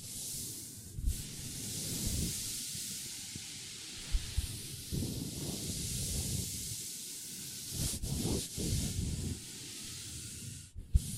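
Long nails scratch steadily across a table under a constant bright hiss, with sharp taps landing near 1, 4, 8 and 11 seconds.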